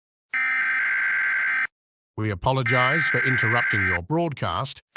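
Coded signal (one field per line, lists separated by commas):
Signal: Emergency Alert System (SAME) tones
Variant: header bursts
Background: speech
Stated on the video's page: Fictional homemade EAS scenario about planets disappearing.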